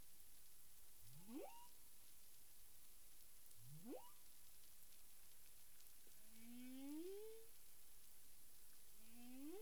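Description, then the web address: Humpback whale calls: two steep rising moans followed by several shorter higher upswept tones overlapping near the end, with constant underwater hiss. Recorded 9 April 2002 at 18:48 UTC. "humpback whale 20020409 184853 UTC"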